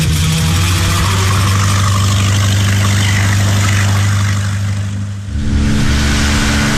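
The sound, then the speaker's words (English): A boat engine drones loudly and steadily with a deep, throbbing hum, then briefly dips before settling into a slightly different, rougher pitch near the end. “Why is this boat so slow?”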